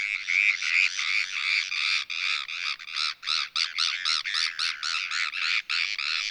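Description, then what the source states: Bonaparte's gull social calls: harsh, rasping, nasal notes repeated rapidly in a continuous scratchy chattering. Probably feeding; social calls that often call other gulls in when they find a school of fish or crustaceans.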